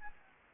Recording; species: mosquito wingbeat signal from an infrared sensor; Anopheles gambiae